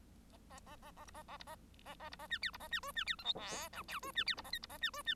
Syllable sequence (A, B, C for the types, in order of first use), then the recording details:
A A A A A B A A B A A A B A C D B A C E C D F G H I J E C D B A K B A C E C. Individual Bird1